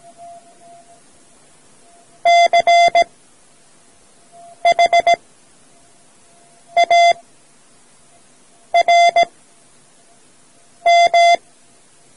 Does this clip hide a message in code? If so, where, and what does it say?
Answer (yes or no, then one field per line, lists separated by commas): yes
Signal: Morse code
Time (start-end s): 2.3-11.4 s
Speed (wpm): 17 wpm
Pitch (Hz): 690 Hz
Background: none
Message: CHARM